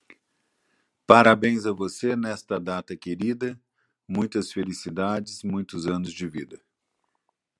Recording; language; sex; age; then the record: short text; Brazilian Portuguese; male; 60 to 69 years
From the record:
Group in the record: control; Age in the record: 62 years